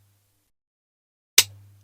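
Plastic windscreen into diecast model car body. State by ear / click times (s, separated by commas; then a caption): seated / 1.4 s. A plastic windscreen is slid in, under and pushed forward into the diecast body of a Matchbox BMW 750iL model car, snapping into place with a single sharp click at 1.4 s that won't need glue. Near-silence with a faint low hum comes before the click, and the hum returns after it as the click decays.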